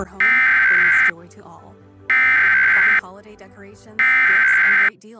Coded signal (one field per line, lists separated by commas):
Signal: Emergency Alert System (SAME) tones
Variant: header bursts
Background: speech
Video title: THE TROLLGE [EAS SCENARIO]